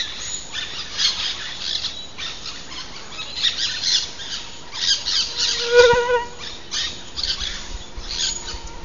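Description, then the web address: Aztec parakeet giving harsh, scratchy squawks in rapid irregular bursts throughout, over steady background hiss. Recorded in Belize. "belize birds birdsongs aztec-parakeet"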